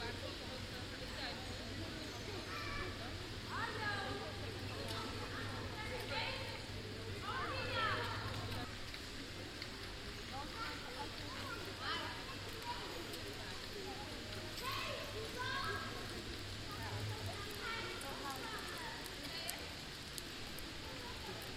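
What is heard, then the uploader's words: Children's voices carry across an open square, with shouts and chatter popping up every second or two. Beneath them runs a steady hiss and a low hum that fades out shortly before the end. Kids playing on the Rabbijn Maarsenplein. A slightly windy recording but I thought it was nice anyway. The background 'white noise' are the leaves of the plane trees standing there.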